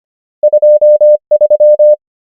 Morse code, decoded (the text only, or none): 2 3